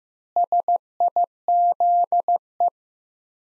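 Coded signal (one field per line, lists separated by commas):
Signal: Morse code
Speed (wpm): 16 wpm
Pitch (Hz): 700 Hz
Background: none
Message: SIZE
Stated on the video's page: Morse practice at 15 wpm, sets of five words sent with 3x word spacing, a word-based analogue of Farnsworth spacing; head-copy drill with each set then spoken.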